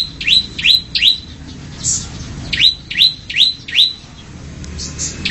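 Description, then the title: Oriental magpie-robin song: clear whistled notes sweeping sharply downward, delivered in quick runs of three and four with a pause between the runs. Song; Indonesian local name kacer. "Kicau Kacer"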